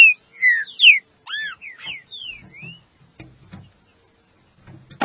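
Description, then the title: Green-winged saltator song: a phrase of bright whistled slurs, some rising and some falling, lasting about three seconds, followed by faint knocks. "Trinca Ferro"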